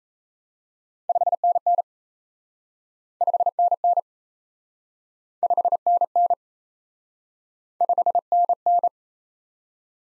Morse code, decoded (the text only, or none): 5NN 5NN 5NN 5NN